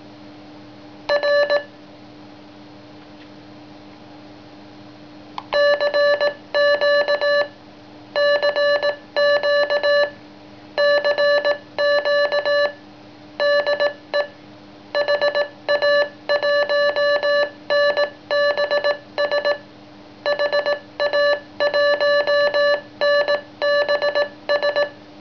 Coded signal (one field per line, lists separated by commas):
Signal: Morse code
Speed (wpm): 18 wpm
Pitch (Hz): 580 Hz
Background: none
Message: R CQ CQ CQ DE HA1NBS HA1NBS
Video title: Memory Mic-Key: Record morse code, after Play